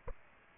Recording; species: mosquito wingbeat signal from an infrared sensor; Aedes aegypti